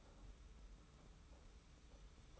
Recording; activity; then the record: daily activity, microphone in the room; take from stove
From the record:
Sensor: 1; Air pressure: 991.1 hPa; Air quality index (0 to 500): 91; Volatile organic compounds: 33 ppm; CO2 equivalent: 3026 ppm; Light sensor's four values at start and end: 36/117/46/47 and 36/117/46/47